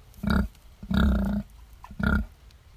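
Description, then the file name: Pig grunts, three harsh nasal grunts in quick succession, the middle one longest. "Piggies"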